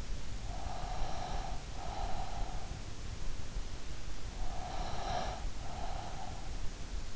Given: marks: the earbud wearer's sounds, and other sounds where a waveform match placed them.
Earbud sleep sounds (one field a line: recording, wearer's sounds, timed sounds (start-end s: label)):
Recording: sounds in sleep by an in-ear microphone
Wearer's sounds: breath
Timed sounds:
0.55-2.81 s: breath
4.35-6.48 s: breath